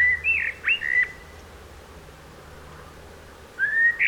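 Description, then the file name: Common blackbird song: a brief phrase of fluting whistles, a long pause, then another clear whistled phrase begins. "Turdus merula"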